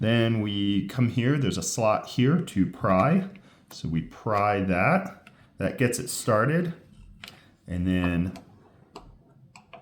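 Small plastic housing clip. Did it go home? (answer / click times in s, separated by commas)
released / 9.0 s, 9.6 s, 9.7 s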